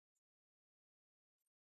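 A plastic bottom cover is being placed back onto an Acer Nitro 5 AN515-52-738F laptop, where its clips snap into the palm rest. A brief bright handling rustle sounds at about 0.2 s, then silence, then a quick double rustle around 1.4–1.5 s. Nothing has seated or clicked yet.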